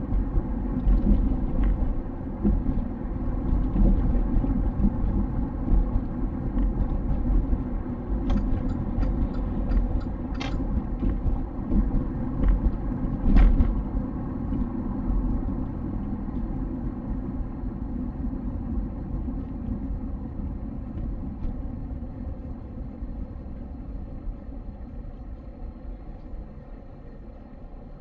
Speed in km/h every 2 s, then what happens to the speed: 46, 46, 46, 46, 48, 47, 44, 36, 30, 24, 19, 13, 5, 0.
0-11 steady at about 46. 11-25 slows to 0. 25-28 standing.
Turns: none.